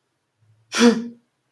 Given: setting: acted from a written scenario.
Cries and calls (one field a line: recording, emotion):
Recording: vocal sound without words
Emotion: anger